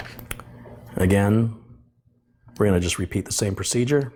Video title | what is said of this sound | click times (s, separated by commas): Ultimate Budget Gaming Computer Build Guide - Full Walk-Thru | then the other corner, then you should hear a satisfying click when you do that. | 0.3 s